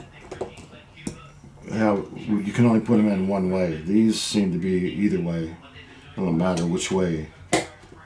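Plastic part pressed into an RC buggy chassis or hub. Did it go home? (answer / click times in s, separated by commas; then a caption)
yes / 7.5 s. A plastic part is pressed by hand into its socket near the wheels of an RC buggy chassis or hub while someone talks. Earlier faint taps give way to one sharp snap at 7.5 seconds as the part pops into place and seats.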